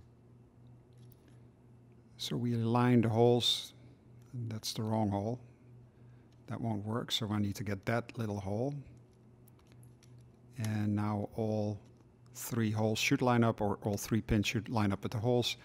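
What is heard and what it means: Someone talks while repositioning a plastic 74462 turnout decoder over a Märklin 24624 double slip switch for a model railway, moving its push pins off the wrong hole so all three line up with the right holes. Faint light ticks of handling are heard around 1.1 s and from 9.5 to 10.0 s. The decoder has not yet been pressed home, and nothing has clicked into place.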